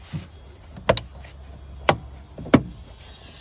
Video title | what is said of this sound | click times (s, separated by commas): OCAM Towing Mirrors Install for Nissan Navara NP300 | or whatever they're called your little plugs and you'll just hear them click in | 0.9 s, 1.0 s, 1.9 s, 2.5 s